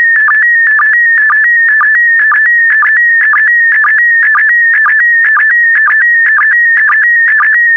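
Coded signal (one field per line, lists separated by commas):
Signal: SSTV (slow-scan television)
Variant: PD120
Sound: warbling, buzzy tone with rhythmic low sync blips about twice a second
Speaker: complete. You can now check your decoded image against the picture that is shown on the video.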